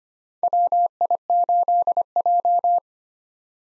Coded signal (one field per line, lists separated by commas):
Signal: Morse code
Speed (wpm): 25 wpm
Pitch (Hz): 700 Hz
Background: none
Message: WI8J